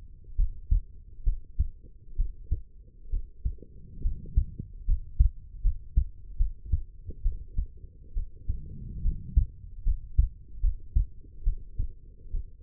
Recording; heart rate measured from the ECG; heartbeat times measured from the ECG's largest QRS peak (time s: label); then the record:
heart sounds by stethoscope; 70 bpm
0.36 s: heartbeat
1.24 s: heartbeat
2.16 s: heartbeat
3.10 s: heartbeat
4.02 s: heartbeat
4.86 s: heartbeat
5.62 s: heartbeat
6.37 s: heartbeat
7.23 s: heartbeat
8.14 s: heartbeat
9.02 s: heartbeat
9.84 s: heartbeat
10.61 s: heartbeat
11.44 s: heartbeat
12.31 s: heartbeat
From the record:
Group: healthy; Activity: rest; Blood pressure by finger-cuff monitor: 96/62 mmHg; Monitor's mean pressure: 73 mmHg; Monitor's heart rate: 70 bpm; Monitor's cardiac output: 5.4 L/min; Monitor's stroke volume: 80 mL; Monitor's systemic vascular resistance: 970 dyn s/cm5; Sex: female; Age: 23 years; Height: 160 cm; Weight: 50.4 kg